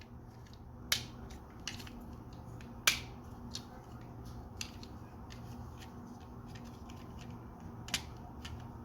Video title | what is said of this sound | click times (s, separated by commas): Edoggz Reviews: Transformers Studio Series: Age Of Extinction Optimus Prime. (Updated) | At this point, we can clip these two things together. | 0.9 s, 2.9 s